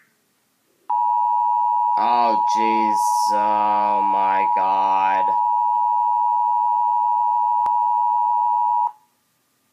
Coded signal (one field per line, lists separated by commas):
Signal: Emergency Alert System (SAME) tones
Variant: 853 and 960 Hz attention tone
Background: speech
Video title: EAS 602 SVR NWS Chicago